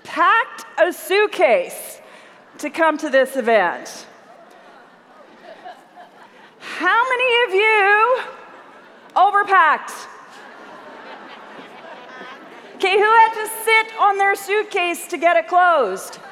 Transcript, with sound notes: packed a suitcase to come to this event? How many of you overpacked!? (laughter) Okay, who had to sit on their suitcase to get it closed?